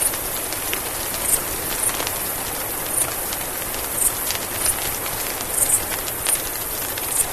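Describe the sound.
Mexican free-tailed bat calls: high squeaky chirps repeating about once a second, some in quick pairs, over a steady hiss.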